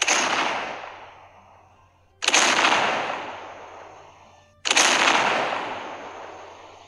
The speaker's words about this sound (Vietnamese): Khai pháo. 8 cái nòng của thần cơ đại pháo đồng thời bắn ra những luồng đạn nóng bỏng.